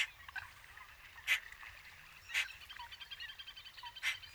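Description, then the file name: Eurasian magpie giving a few harsh, rasping single calls spaced one to two seconds apart, with soft twittering from other small birds underneath. "Pica pica"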